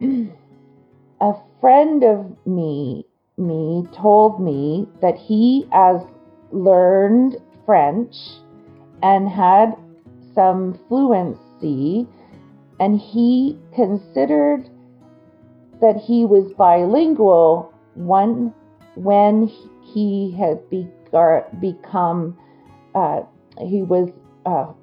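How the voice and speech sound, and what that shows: An adult woman speaks in halting, slow, choppy speech with long pauses, stretched words, a repeated word and grammar slips. This is typical of non-fluent (Broca's) aphasia after a stroke.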